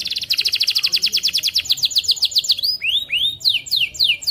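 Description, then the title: Atlantic canary delivering a fast pulsed trill that shifts into arched, swooping whistled notes repeated several times per second. Canary song, lively, with varied ornamented phrases and rich filler notes. "Kenari Gacor Cengkok Terbaik Isian Paling Mewah"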